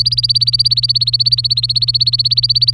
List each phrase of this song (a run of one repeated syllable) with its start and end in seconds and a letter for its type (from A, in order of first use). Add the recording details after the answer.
0.00-2.74 A. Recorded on 23 April 2018 at 15:59. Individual llb3